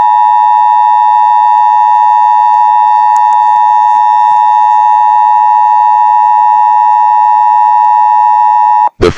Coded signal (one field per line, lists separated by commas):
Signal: Emergency Alert System (SAME) tones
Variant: 853 and 960 Hz attention tone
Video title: EAS Philippines Scenario #1: The 3 New Super Volcano 15 Subscribers edition